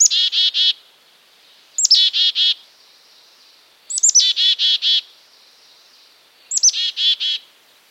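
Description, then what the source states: Black-capped chickadee repeats its call four times, each one or two high notes leading into three or four raspy, buzzy dee notes, roughly every two seconds. Call, described as snappy; quite unlike the song.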